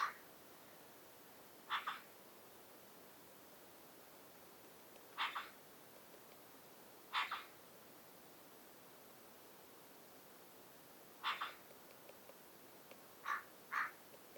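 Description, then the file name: Eurasian magpie harsh rasping calls, short noisy bursts given singly or in pairs at irregular intervals over a steady background hiss. "Pica pica"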